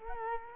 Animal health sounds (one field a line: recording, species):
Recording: mosquito wingbeat signal from an infrared sensor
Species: Culex quinquefasciatus